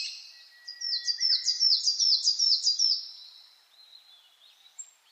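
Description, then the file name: Coal tit song, a bright run of high, quickly repeated two-note phrases lasting about two seconds, then faint thin notes. Recorded 10 June 2009 at 06:39 in the morning. "higara 20090610-0639"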